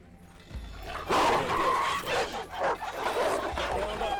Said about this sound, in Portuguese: Calma, Barney! Esse cachorro me assustou. É só um cachorro.